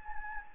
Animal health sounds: mosquito wingbeat signal from an infrared sensor; Anopheles gambiae

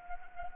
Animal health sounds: mosquito wingbeat signal from an infrared sensor; Anopheles gambiae

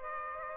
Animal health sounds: mosquito wingbeat signal from an infrared sensor; Aedes aegypti

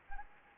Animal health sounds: mosquito wingbeat signal from an infrared sensor; Anopheles gambiae

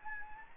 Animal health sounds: mosquito wingbeat signal from an infrared sensor; Anopheles gambiae

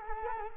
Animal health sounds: mosquito wingbeat signal from an infrared sensor; Culex quinquefasciatus

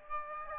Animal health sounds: mosquito wingbeat signal from an infrared sensor; Aedes albopictus

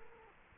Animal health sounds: mosquito wingbeat signal from an infrared sensor; Culex quinquefasciatus

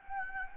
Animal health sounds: mosquito wingbeat signal from an infrared sensor; Anopheles gambiae

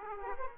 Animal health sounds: mosquito wingbeat signal from an infrared sensor; Aedes aegypti

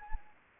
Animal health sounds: mosquito wingbeat signal from an infrared sensor; Anopheles arabiensis

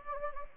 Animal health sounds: mosquito wingbeat signal from an infrared sensor; Anopheles gambiae

